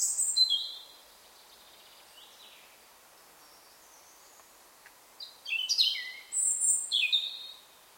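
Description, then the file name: European robin song: a brief high phrase at the start, faint scattered notes, then a burst of varied high, tinkling and trilled notes toward the end. "Erithacus rubecula"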